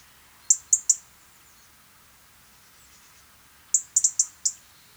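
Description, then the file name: European robin calling with crisp, high clicks: a run of three, a pause, then a run of five. "Erithacus rubecula"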